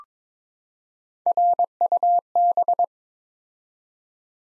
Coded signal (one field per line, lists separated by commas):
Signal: Morse code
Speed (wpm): 22 wpm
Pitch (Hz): 700 Hz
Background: none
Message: RUB